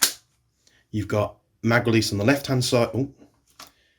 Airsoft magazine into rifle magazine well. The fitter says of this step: obviously you're going to push that down to fill it up with bbs anyway goes in with a nice audible click